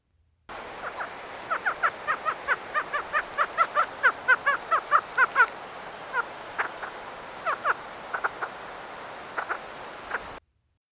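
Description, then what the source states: Ruffed Grouse calls: rapid series of short harsh notes, uneven in rhythm, with thin high descending squeaks scattered through the first half. A variety of its sounds.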